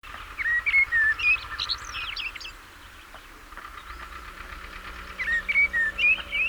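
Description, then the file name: Common blackbird song: two phrases of low fluty whistles, each ending in a high scratchy twitter, at the start and after a pause near five seconds, over a low rumble. "Turdus merula"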